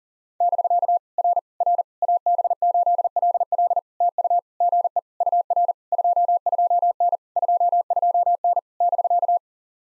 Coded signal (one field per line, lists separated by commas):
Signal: Morse code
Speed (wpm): 38 wpm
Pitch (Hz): 700 Hz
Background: none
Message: <BK> R R AB8LL TU GE UR 22N 22N <BK>